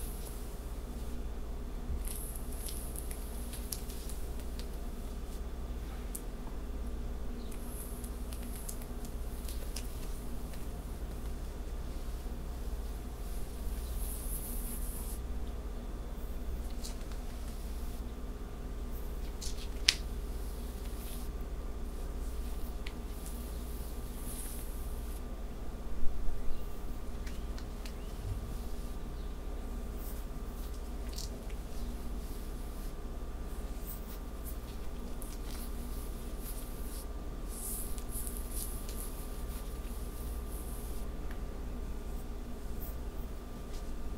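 Back scratching and fabric sounds play over a steady low hum that runs the whole way through. Soft, bright scratchy swishes come and go every few seconds, with a sharp tap near 20 seconds and a brief louder rustle around 26 seconds.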